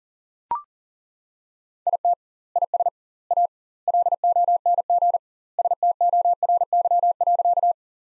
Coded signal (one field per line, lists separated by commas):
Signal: Morse code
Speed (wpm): 40 wpm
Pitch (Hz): 700 Hz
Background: none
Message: IT IS A LONG STORY.